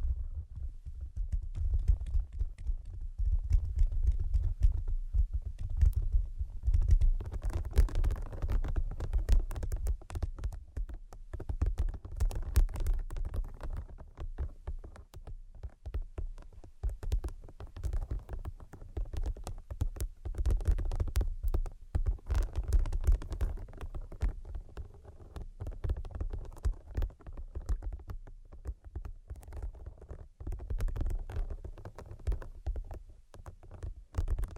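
Rapid, dense tapping runs without a break for the whole stretch, a busy patter of small clicks much like fingers on a keyboard. A heavy low rumble sits underneath throughout. The level holds fairly even, easing slightly around the middle before picking back up.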